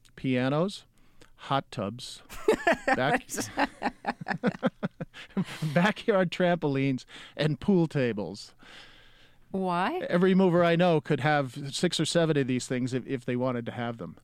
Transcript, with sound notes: pianos, hot tubs...
(Laughter).
...backyard trampolines and pool tables.
Why?
Every mover I know could have six or seven of these things if they wanted to have them.